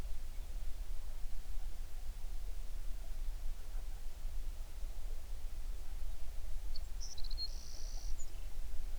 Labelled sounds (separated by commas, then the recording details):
songbird
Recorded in the Prudhoe Bay oil fields, Alaska, on 11 June 2019 at 05:28
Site 21